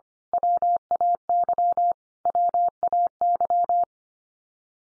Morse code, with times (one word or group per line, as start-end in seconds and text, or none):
0.3-1.9 WAY
2.3-3.8 WAY